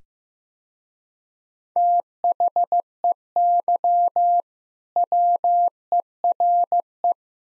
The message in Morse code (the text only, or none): THEY WERE